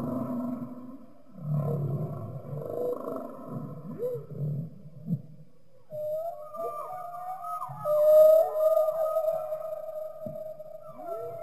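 Humpback whale song: low buzzy rumbling groans and short rising swoops, then long wavering tonal moans with a bright rising whistle-like note.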